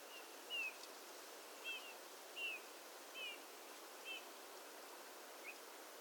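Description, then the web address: European robin song: six short, thin, falling whistled notes near the same pitch, over steady hiss. Song given by the robin in flight. "il canto del pettirosso durante il volo"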